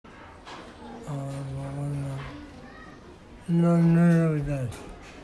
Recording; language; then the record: elicited speech; Bengali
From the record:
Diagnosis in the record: Broca's or global aphasia after a stroke